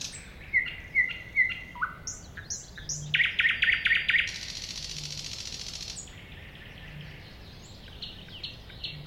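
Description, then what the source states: Thrush nightingale song mixing whistled notes, a quick run of hard clicks and a long harsh rattle, then softer twittering phrases. Recorded at a woodland edge next to a lake.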